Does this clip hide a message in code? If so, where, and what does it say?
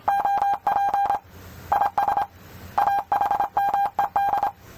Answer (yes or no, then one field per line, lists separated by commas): yes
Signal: Morse code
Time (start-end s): 0.1-4.5 s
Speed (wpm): 25 wpm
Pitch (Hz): 800 Hz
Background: none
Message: OP IS AHMED